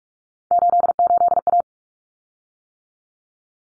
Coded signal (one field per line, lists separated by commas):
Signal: Morse code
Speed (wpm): 44 wpm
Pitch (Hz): 700 Hz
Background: none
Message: 88A